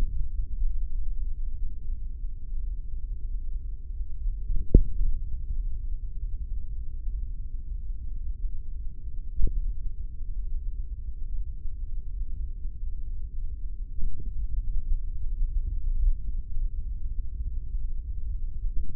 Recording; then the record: forearm muscle sounds (acoustic myography)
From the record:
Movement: tripod grip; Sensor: system 3, bracelet of six PUI Audio POM-2738L microphones around the upper forearm, with dedicated amplification and filtering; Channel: 4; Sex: male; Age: 55 years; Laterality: right